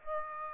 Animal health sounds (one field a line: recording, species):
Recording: mosquito wingbeat signal from an infrared sensor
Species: Aedes aegypti